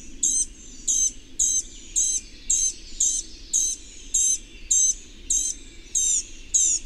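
Bird producing a run of high, sharp chirps at a regular pace of nearly two per second.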